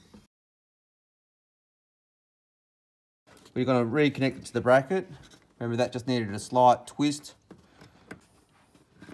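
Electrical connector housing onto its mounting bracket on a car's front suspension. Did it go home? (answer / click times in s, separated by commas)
no / none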